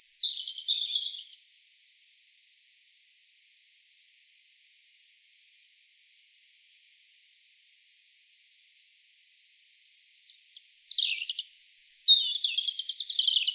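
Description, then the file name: European robin song: a short high, thin warbled phrase, a long silent pause of about nine seconds, then a longer tumbling phrase of sharp high notes and trills. "Erithacus rubecula"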